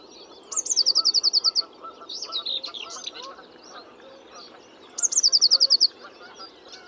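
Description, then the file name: Eurasian blue tit: a thin high note leading into a fast silvery trill of about ten notes, then softer chattering; the phrase repeats about four seconds later. "Cyanistes caeruleus"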